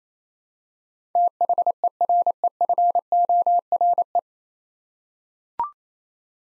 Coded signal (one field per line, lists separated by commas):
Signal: Morse code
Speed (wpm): 27 wpm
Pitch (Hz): 700 Hz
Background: none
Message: THEREFORE